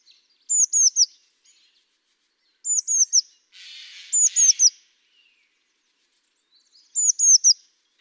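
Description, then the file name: Eurasian blue tit calling in four triplets of high, sharp, descending notes, spaced about one and a half to three seconds apart, with a brief rustling hiss just before and into the third group. "Cyanistes caeruleus"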